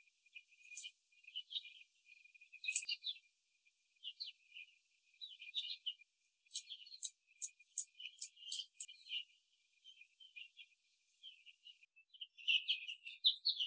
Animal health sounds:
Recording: young laying hens in a cage, short pieces joined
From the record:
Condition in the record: before the stressor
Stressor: simulated dog barking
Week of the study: 3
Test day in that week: 1

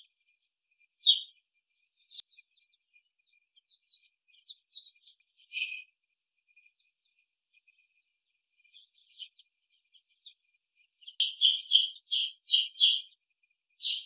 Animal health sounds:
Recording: young laying hens in a cage, short pieces joined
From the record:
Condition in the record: before the stressor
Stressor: simulated dog barking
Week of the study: 1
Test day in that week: 2

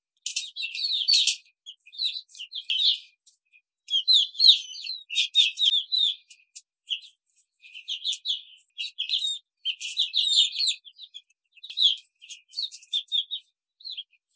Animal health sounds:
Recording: young laying hens in a cage, short pieces joined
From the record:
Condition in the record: control cage, before the stress test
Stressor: none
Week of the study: 5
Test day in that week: 1

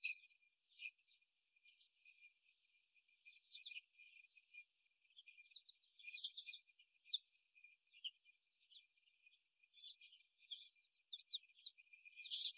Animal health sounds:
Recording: young laying hens in a cage, short pieces joined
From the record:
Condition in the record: after the stressor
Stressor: simulated dog barking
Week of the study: 1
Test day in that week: 1

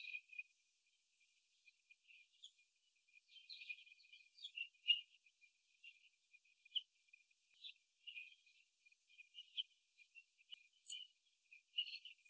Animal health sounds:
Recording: young laying hens in a cage, short pieces joined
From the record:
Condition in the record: before the stressor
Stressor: simulated dog barking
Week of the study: 2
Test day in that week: 3

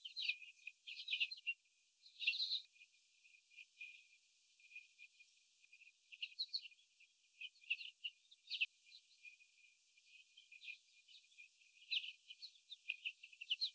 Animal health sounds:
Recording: young laying hens in a cage, short pieces joined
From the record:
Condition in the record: after the stressor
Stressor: sudden umbrella opening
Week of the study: 3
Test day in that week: 2

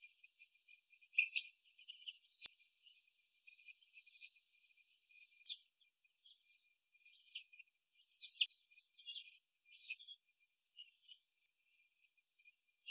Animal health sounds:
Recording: young laying hens in a cage, short pieces joined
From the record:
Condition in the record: after the stressor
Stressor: simulated dog barking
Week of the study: 2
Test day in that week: 2

